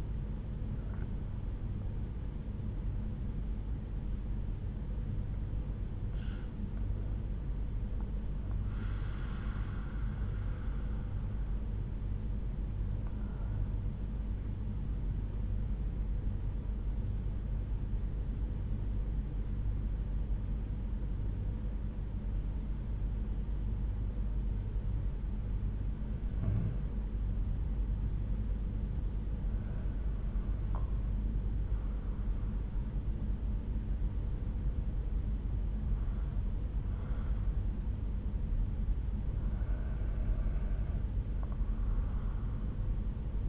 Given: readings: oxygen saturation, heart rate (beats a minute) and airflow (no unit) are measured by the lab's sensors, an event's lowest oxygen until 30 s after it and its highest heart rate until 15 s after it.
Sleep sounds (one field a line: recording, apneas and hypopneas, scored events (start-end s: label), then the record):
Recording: breathing in sleep by a smartphone at the bedside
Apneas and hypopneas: 1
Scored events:
5.00-28.40 s: hypopnea (N1, oxygen 96% highest, then 92% lowest)
10.00-40.00 s: new sleep stage, N2 (light sleep)
40.00-43.49 s: new sleep stage, N1 (lightest sleep)
From the record:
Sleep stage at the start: N1 (lightest sleep)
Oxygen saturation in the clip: 92 to 96%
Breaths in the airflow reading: 7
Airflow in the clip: -7.0 to 7.1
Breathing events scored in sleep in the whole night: 368 in 8.0 hours asleep